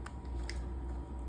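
A small hook tool stretches a steel chainsaw clutch spring while a thumb pushes against it, working the spring end toward its hole in the clutch shoe over a steady low hum. Brief ticks sound near 0.1 s and 1.3 s, and a sharp metallic click at 0.5 s marks the spring end snapping into the hole. The spring is seated.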